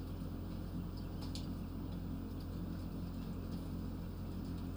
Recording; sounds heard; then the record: poultry house recording; healthy chickens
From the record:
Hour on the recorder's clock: 21